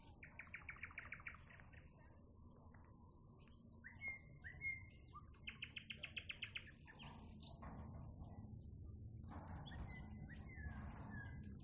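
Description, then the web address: Nightingale song with rapid buzzy trills, clear whistles and short sharp notes in bursts, over steady low rumbling background noise. "naichinkeru"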